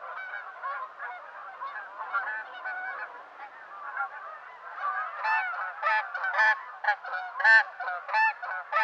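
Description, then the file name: Canada goose flock calling, steady overlapping honks that grow louder and sharper in the second half, with strong individual honks standing out. "dan-gibson canada-goose"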